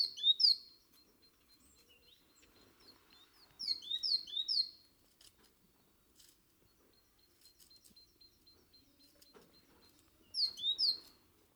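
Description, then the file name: Great tit: three short bursts of quick, high, downslurred notes with long quiet gaps between them and faint ticks in the background. "Parus major"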